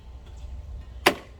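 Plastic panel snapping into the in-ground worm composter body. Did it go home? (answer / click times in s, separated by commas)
yes / 1.1 s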